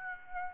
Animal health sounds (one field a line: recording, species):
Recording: mosquito wingbeat signal from an infrared sensor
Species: Aedes aegypti